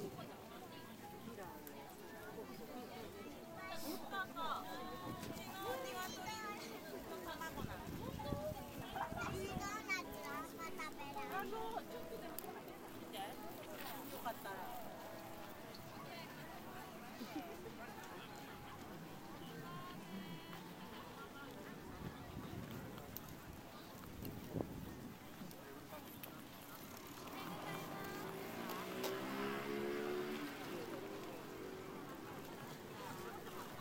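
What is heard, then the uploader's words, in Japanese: A lively morning market on a stall day, with many voices chattering, occasional clatters, and a steady low hum throughout. 朝市出店日の音風景。12月ですが、寒すぎず心地よい晴れ。数十軒は参加で、広場にそれぞれのテントが立ち並びます。皆、思い思いに過ごし、にぎやか。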